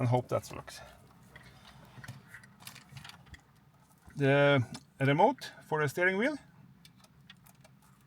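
The steering-wheel remote adapter plug is handled at the back of a Pioneer SPH-DA77DAB head unit during a Toyota Yaris radio replacement. Faint ticks and taps are heard around 1.4 to 3.1 seconds and again at 6.9 to 7.7 seconds, while someone talks in between. The clip ends before the plug goes home, so nothing has seated or clicked yet.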